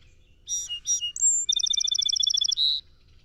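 Song sparrow song opening with two rough introductory notes and a high whistle, then a long rapid trill ending in a brief buzzy note; background otherwise quiet.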